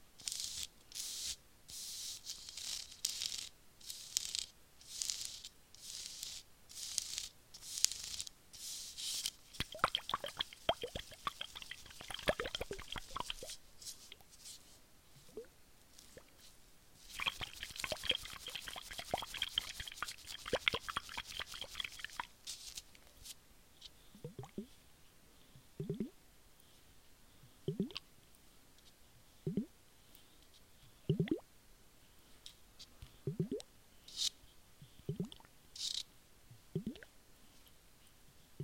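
Water sounds with soft whispering, beginning as a dense run of hissy, splashy sweeps for the first twenty-odd seconds, with a busier wash around twelve and eighteen seconds. After that it thins out to single drips and plops falling every couple of seconds.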